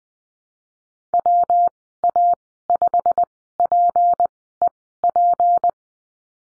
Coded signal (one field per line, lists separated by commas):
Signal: Morse code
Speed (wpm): 20 wpm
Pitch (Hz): 700 Hz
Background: none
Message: WA5PEP